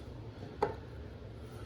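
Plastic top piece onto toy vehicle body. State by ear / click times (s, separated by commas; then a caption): seated / 0.6 s. A plastic top piece of a G.I. Joe Pursuit of Cobra WolfHound toy snow vehicle, the part that goes over the wheels, is pressed onto the vehicle body. A single sharp click at 0.6 s stands out against a low, steady background. The piece snaps into place and is seated.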